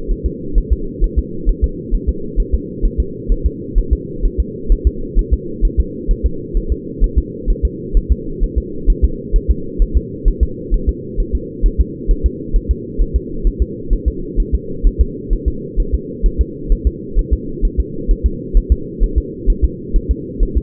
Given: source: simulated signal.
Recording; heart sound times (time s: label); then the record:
fetal heart sounds
0.12 s: S1
0.26 s: S2
0.58 s: S1
0.73 s: S2
1.04 s: S1
1.19 s: S2
1.49 s: S1
1.64 s: S2
1.95 s: S1
2.09 s: S2
2.40 s: S1
2.54 s: S2
2.85 s: S1
3.00 s: S2
3.32 s: S1
3.46 s: S2
3.79 s: S1
3.93 s: S2
4.26 s: S1
4.40 s: S2
4.72 s: S1
4.87 s: S2
5.19 s: S1
5.33 s: S2
5.65 s: S1
5.80 s: S2
6.11 s: S1
6.26 s: S2
6.57 s: S1
6.72 s: S2
7.04 s: S1
7.18 s: S2
7.50 s: S1
7.65 s: S2
7.97 s: S1
8.12 s: S2
8.44 s: S1
8.58 s: S2
8.90 s: S1
9.05 s: S2
9.36 s: S1
9.51 s: S2
9.82 s: S1
9.97 s: S2
10.28 s: S1
10.43 s: S2
10.74 s: S1
10.89 s: S2
11.20 s: S1
11.35 s: S2
11.66 s: S1
11.80 s: S2
12.11 s: S1
12.26 s: S2
12.56 s: S1
12.71 s: S2
13.02 s: S1
13.16 s: S2
13.47 s: S1
13.62 s: S2
13.93 s: S1
14.08 s: S2
14.40 s: S1
14.55 s: S2
14.87 s: S1
15.01 s: S2
15.33 s: S1
15.48 s: S2
15.80 s: S1
15.94 s: S2
16.26 s: S1
16.41 s: S2
16.72 s: S1
16.87 s: S2
17.19 s: S1
17.33 s: S2
17.65 s: S1
17.80 s: S2
18.11 s: S1
18.26 s: S2
18.57 s: S1
18.72 s: S2
19.04 s: S1
19.18 s: S2
19.50 s: S1
19.65 s: S2
19.96 s: S1
20.11 s: S2
20.43 s: S1
20.57 s: S2
From the record:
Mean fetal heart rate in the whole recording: 130 bpm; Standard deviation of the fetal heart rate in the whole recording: 4 bpm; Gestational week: 38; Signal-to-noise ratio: -4.3 dB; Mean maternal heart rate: 72 bpm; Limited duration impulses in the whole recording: absent